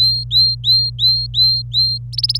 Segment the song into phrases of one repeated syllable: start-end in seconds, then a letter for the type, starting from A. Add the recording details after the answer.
0.00-1.98 A, 2.12-2.38 B. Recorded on 26 April 2018 at 12:42. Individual llb3